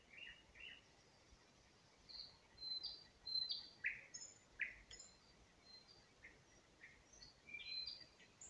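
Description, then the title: Nightingale song: a sequence of loud down-slurred whistles and high clipped notes in quick succession, with quieter notes between. Singing in spring near Huncha, Vinnytsia Oblast, Ukraine. "Unnamed Road, Гунча, Вінницька область, Україна, 23724-Spring, nightingale singing"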